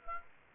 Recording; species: mosquito wingbeat signal from an infrared sensor; Aedes aegypti